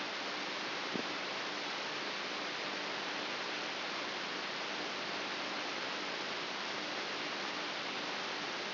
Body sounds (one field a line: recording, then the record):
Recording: brain microelectrode recording played as sound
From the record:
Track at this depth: inside the subthalamic nucleus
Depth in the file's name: 4.24 mm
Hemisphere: right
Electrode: 3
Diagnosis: Parkinson's disease